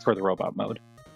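A plastic Rise of the Beasts Mainline Airazor transformable action figure is being handled: its leg section is swung back to be pushed into the calf, where a small nub inside catches to lock it for robot mode. Someone talks briefly over steady background music tones. Nothing has seated or clicked yet.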